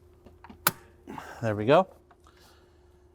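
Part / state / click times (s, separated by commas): plastic coolant hose quick-connect fitting into engine thermostat housing / seated / 0.7 s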